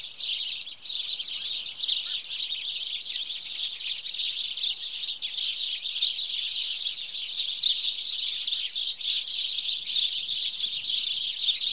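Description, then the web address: House sparrow flock chirping nonstop, a busy layered twitter that stays steady in loudness. "BBC Sound Effects Library (Birds) House Sparrow (Passer Domesticus)"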